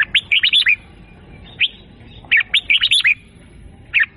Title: Burung Kutilang